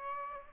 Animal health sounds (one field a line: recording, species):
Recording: mosquito wingbeat signal from an infrared sensor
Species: Aedes aegypti